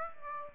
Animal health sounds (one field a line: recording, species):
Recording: mosquito wingbeat signal from an infrared sensor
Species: Aedes aegypti